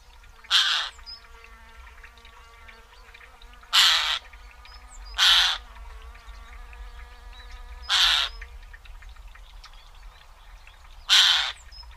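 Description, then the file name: Eurasian jay giving five loud, harsh rasping screeches, each about a third of a second long, spaced irregularly a few seconds apart. "Garrulus glandarius"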